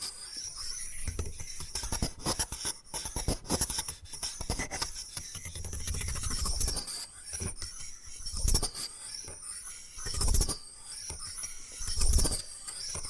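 Bamboo is scratched and brushed in a rough, rasping rhythm, with dense strokes running through the whole clip. Sharper taps and louder scrapes stand out near 3, 8.5, 10.5 and 12 seconds, while a faint high hiss sits steadily behind everything.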